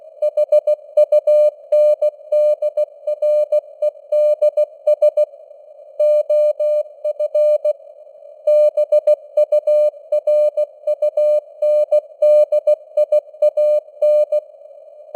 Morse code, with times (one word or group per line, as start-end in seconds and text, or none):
0.2-5.2 HUNDREDS
6.0-7.7 OF
8.5-14.4 BURUNDIAN